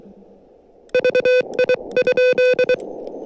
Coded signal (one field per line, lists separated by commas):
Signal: Morse code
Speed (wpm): 22 wpm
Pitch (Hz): 500 Hz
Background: none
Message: VI?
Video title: 面白山（標高1264m）山岳運用 SOTA Activation / モールス通信 / Using KH1 & Whip